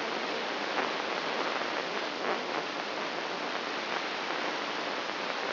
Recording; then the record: brain microelectrode recording played as sound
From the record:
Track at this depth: outside the subthalamic nucleus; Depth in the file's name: 7.26 mm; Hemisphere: left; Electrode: 3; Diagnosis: Parkinson's disease